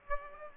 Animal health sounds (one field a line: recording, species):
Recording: mosquito wingbeat signal from an infrared sensor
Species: Aedes aegypti